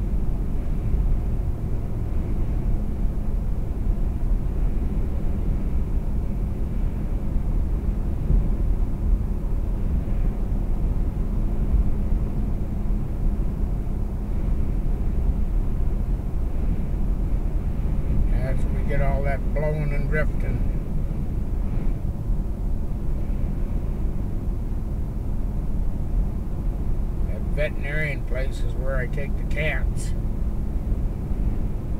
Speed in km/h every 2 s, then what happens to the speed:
81, 82, 82, 84, 84, 84, 84, 82, 79, 79, 77, 77, 77, 77, 77, 79.
0-12 steady at about 84. 12-19 slows to 77. 19-32 steady at about 77.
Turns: none.